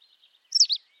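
White wagtail call: a faint thin note followed by a loud, sharp, high two-syllable chip.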